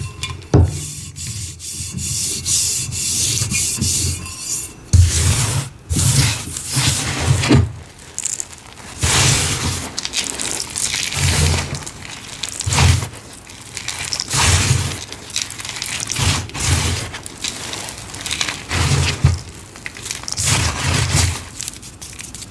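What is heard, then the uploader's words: Gym chalk shards are crushed under a rolling pin in repeated grinding passes, each a gritty, crackling crunch lasting a second or two. The rolls come every couple of seconds with brief pauses between, bright and scratchy on top over a dull low rumble. Glassy Crunchy Gym Chalk Shards & Rolling Pin Crushes.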